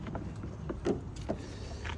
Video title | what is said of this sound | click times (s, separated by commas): Pegasus grande brindisi | just pull it all the way back up. You'll hear several clicks. Just make sure you go all the way back. | 0.1 s, 0.7 s, 1.3 s